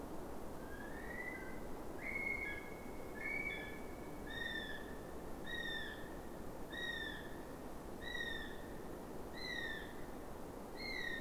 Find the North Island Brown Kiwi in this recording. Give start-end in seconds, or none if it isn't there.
0.55-11.20